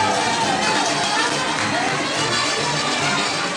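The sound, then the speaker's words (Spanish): A crowd at a gathering in Santa María, California claps steadily for a few seconds, a dense, continuous wash of applause with faint cheering and voices mixed in, holding at an even loudness throughout. “¡Y las palmas!”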